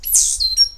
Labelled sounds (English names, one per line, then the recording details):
Stitchbird song
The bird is a male
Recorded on Tiritiri Matangi Island, New Zealand, in 2005
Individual 8, of nest box 10